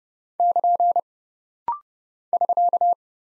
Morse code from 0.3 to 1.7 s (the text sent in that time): <KN>